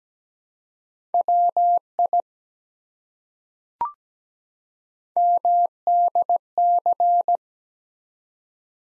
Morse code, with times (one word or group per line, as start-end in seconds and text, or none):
1.1-2.2 WI
5.2-7.4 MDC